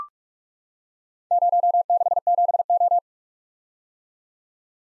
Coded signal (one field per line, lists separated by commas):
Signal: Morse code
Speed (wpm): 44 wpm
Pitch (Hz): 700 Hz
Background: none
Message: 067O